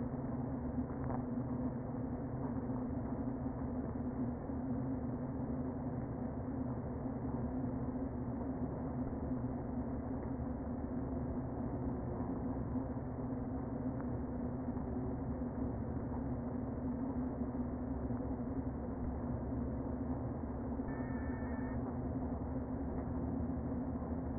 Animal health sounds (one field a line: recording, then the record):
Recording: honeybee colony, microphone inside the hive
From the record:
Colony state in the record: queen present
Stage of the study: before two queens were removed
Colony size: about 60,000 bees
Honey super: yes